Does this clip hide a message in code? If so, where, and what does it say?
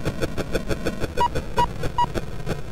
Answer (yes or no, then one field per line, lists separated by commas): no